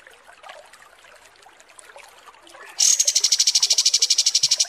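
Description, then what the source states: Kapas tembak song: faint scattered twitters for nearly three seconds, then a loud high trill of rapid regular pulses running to the end. Masteran training recording for kapas tembak birds, used to tutor song.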